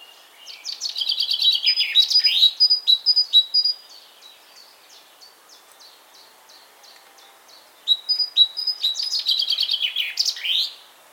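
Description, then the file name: Great tit alternating long buzzy chattering bursts with quick runs of sharp high repeated notes, two active phrases separated by a quieter stretch of scattered notes. "Parus major"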